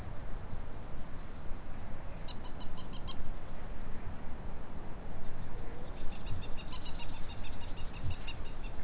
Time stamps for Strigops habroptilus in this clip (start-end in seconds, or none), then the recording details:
6.00-6.64, 7.86-8.24. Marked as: faintness 5/5. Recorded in New Zealand. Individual Stumpy